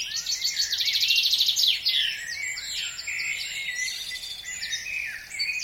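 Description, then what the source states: Birds in a dense dawn chorus, many overlapping high trills, rapid chips and sweeping whistles layered continuously, loudest in the first two seconds, with a steady low background hiss. Dawn chorus, recorded by Tom Hutchings.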